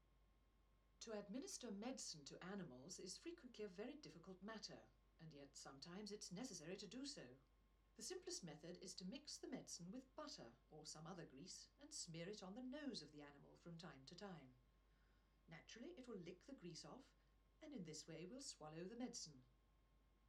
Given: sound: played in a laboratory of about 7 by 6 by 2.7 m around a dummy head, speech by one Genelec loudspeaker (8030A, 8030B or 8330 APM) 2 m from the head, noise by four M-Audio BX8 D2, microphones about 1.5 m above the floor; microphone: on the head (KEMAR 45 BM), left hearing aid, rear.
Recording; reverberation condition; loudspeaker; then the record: female speech in English; low; 150 degrees to the left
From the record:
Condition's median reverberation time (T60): about 310 ms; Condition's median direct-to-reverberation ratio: about 3.5 dB